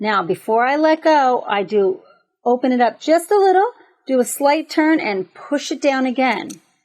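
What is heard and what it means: A pronged metal snap is being pressed through Lycra at the crotch of a leotard with snap pliers, given a slight turn and pushed down again. Someone talks throughout, and nothing has seated or clicked yet.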